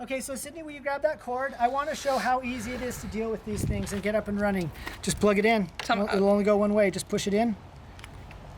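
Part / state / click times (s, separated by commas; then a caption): solar panel cable connector into mating connector / not seated / none. Someone talks while a solar panel cable connector is handled and brought up to its mating connector, to be pushed straight in since it fits only one way. A few faint handling ticks sound near the end, but nothing has seated or clicked yet.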